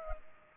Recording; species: mosquito wingbeat signal from an infrared sensor; Culex pipiens